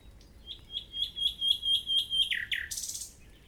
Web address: SETE data Luscinia megarhynchos